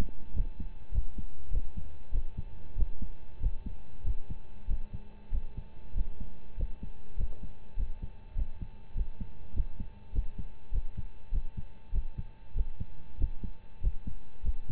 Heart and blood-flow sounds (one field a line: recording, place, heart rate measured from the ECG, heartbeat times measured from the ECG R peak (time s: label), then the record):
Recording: heart sounds by stethoscope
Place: between the tricuspid and mitral areas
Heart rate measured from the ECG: 98 bpm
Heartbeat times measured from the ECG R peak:
0.32 s: heartbeat
0.91 s: heartbeat
1.50 s: heartbeat
2.11 s: heartbeat
2.75 s: heartbeat
3.39 s: heartbeat
4.03 s: heartbeat
4.67 s: heartbeat
5.30 s: heartbeat
5.93 s: heartbeat
6.56 s: heartbeat
7.16 s: heartbeat
7.75 s: heartbeat
8.34 s: heartbeat
8.94 s: heartbeat
9.52 s: heartbeat
10.12 s: heartbeat
10.71 s: heartbeat
11.31 s: heartbeat
11.91 s: heartbeat
12.53 s: heartbeat
13.17 s: heartbeat
13.80 s: heartbeat
14.42 s: heartbeat
From the record:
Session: rest, lying down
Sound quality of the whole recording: partially saturated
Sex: male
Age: 25 years